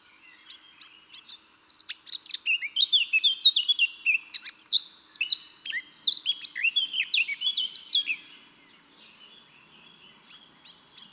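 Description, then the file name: Eurasian blackcap song, a rapid run of chattering, warbled notes lasting about six seconds, followed by softer scattered twitters. "Sylvia atricapilla"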